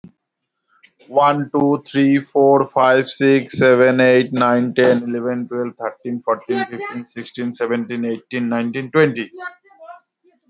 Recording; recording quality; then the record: counting at a normal pace; excellent, no background noise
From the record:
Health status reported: respiratory illness, not identified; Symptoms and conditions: none ticked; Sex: male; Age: 35 years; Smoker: not ticked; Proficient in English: yes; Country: India